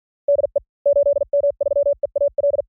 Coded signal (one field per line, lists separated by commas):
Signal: Morse code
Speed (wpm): 47 wpm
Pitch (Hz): 560 Hz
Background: none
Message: DE 8M3EAL